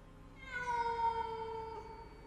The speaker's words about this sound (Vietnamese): Không khí đã ma mị thì chớ, lại có thêm tiếng con mèo, nó đang gào lên như đang dọa, đang đe ai vậy.